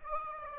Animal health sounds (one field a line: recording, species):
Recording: mosquito wingbeat signal from an infrared sensor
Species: Aedes aegypti